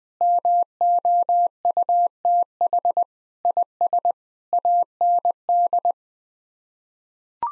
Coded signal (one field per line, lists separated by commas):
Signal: Morse code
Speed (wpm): 20 wpm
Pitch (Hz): 700 Hz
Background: none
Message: MOUTH IS AND